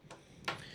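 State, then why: Seated. A component inside a Dell OptiPlex 9020MT desktop PC is pushed down until its small retention clip snaps into place. A faint tick at 0.1 s comes before a sharp, loud click at 0.5 s as the clip seats home.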